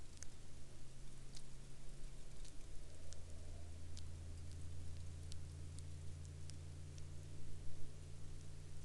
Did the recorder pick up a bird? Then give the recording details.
no. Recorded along the Dalton Highway, Alaska, on 17 April 2019 at 15:20. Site 05